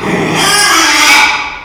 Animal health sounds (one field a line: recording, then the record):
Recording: squeal of a Yucatan mini pig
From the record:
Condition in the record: after surgery on the right vocal fold (resection and tissue-engineered implant)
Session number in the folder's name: 2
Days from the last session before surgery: 13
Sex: male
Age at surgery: 12 weeks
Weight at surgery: 13 kg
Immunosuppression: cyclosporine, prednisolone